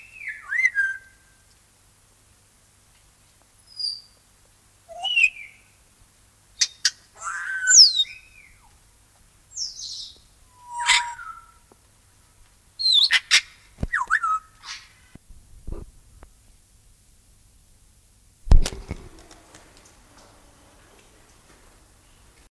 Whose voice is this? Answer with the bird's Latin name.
Psittacus erithacus